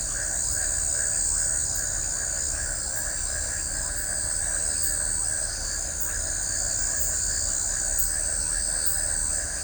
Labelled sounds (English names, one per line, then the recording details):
none
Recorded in shrubland near Pivijay, Magdalena, Colombia, on 3 June 2023 at 21:30
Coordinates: 10.453, -74.365
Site P5-G022